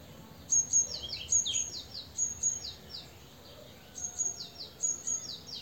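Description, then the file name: Great tit giving repeated high piping notes, each paired with falling slurred notes, in quick groups; light background hiss throughout. "Parus major"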